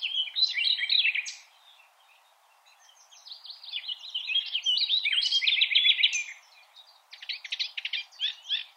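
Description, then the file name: Common nightingale delivering loud, jumbled phrases of chirps and whistles separated by short pauses, ending with rapid repeated notes. "Luscinia megarhynchos"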